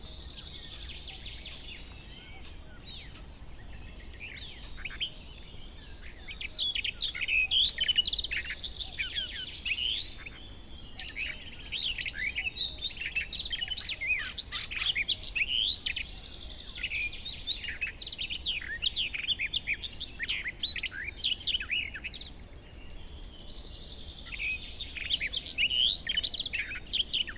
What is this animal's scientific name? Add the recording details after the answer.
Sylvia nisoria. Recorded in the wild. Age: adult. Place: Hobrechtsfelder Rieselfelder, Naturpark Barnim, Berlin, DE. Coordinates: 52.6664, 13.4758. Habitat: open country. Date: 2013-05-19. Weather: sunny, windless, 15°C. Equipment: Sound Devices 702, Sennheiser MKH 70, Rycote Windschutz. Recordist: Frommolt, Karl-Heinz